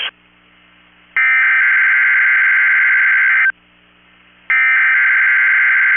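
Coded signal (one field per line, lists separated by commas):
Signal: Emergency Alert System (SAME) tones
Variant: header bursts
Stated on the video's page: Required Weekly Test from weather radio station KEC65, with jammed audio.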